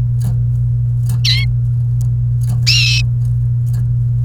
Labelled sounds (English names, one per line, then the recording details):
Domestic Canary song
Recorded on 28 April 2018 at 12:23
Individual llb3